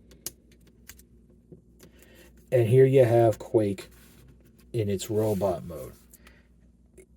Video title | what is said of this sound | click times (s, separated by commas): Transformers Legacy United Quake | and there are little tabs to help fold out the fist they will soft snap into place | 0.3 s, 0.9 s